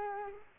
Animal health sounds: mosquito wingbeat signal from an infrared sensor; Culex quinquefasciatus

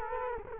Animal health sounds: mosquito wingbeat signal from an infrared sensor; Culex quinquefasciatus

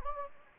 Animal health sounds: mosquito wingbeat signal from an infrared sensor; Anopheles gambiae

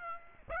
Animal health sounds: mosquito wingbeat signal from an infrared sensor; Aedes aegypti

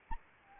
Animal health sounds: mosquito wingbeat signal from an infrared sensor; Anopheles arabiensis

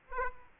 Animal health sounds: mosquito wingbeat signal from an infrared sensor; Aedes aegypti

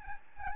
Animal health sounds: mosquito wingbeat signal from an infrared sensor; Aedes albopictus

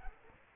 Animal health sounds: mosquito wingbeat signal from an infrared sensor; Aedes aegypti

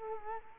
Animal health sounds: mosquito wingbeat signal from an infrared sensor; Culex quinquefasciatus

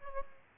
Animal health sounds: mosquito wingbeat signal from an infrared sensor; Aedes albopictus

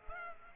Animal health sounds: mosquito wingbeat signal from an infrared sensor; Culex pipiens

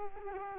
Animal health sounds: mosquito wingbeat signal from an infrared sensor; Culex quinquefasciatus

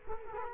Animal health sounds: mosquito wingbeat signal from an infrared sensor; Culex quinquefasciatus

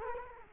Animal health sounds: mosquito wingbeat signal from an infrared sensor; Culex quinquefasciatus

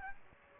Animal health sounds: mosquito wingbeat signal from an infrared sensor; Aedes aegypti

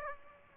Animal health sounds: mosquito wingbeat signal from an infrared sensor; Aedes aegypti

